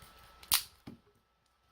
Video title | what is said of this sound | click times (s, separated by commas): Soldering and fixing a galaxy tab 3 charger port. | make sure everything snaps in place make sure you hear that snap sound | 0.5 s